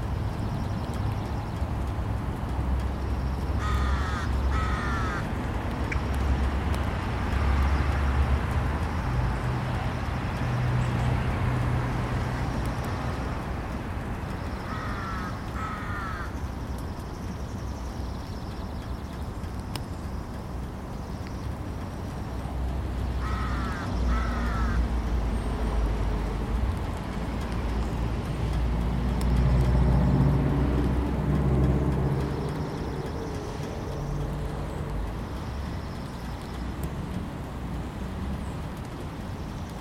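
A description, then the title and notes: Backyard sound with a steady low rumble of passing traffic, and short paired bird calls near 4, 15 and 24 seconds. Recorded in our backyard.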